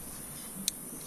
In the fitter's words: there you go click